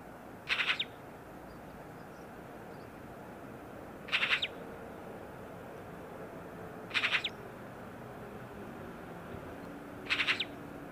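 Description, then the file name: Eurasian magpie chatter: four short, harsh rattles of quick clacking notes, spaced about three seconds apart, over a steady low background hiss. "Pica pica"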